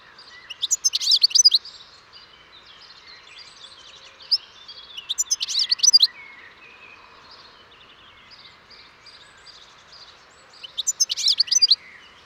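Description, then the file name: European goldfinch song: three bursts of fast, tinkling twittered notes about five seconds apart, with softer chattering between them. "Carduelis carduelis"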